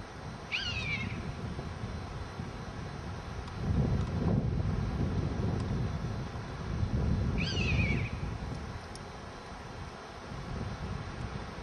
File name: hb hexhamshire 10 july 2006 anger calls